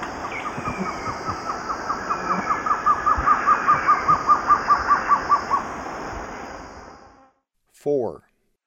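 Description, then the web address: Blue-crowned Trogon song: a steady run of many evenly spaced notes on one pitch, growing louder, then a separate short call near the end. Eastern lowlands of South America. "Natures Songs S America Eastern Lowlands Blue-crowned Trogon"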